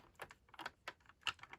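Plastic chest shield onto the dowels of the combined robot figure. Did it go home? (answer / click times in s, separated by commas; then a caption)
no / none. A plastic chest shield is handled against a combined Transformers G1 Road Caesar toy robot figure, lined up so its two dowels go into two holes. Short plastic taps and clicks are heard, the loudest around 0.7 s and 1.3 s, but the shield has not seated or clicked into place yet.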